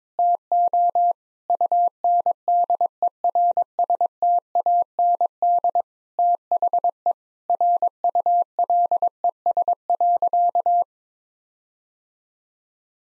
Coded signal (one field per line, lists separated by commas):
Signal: Morse code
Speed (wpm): 21 wpm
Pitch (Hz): 700 Hz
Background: none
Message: TO UNDERSTAND THE RULES.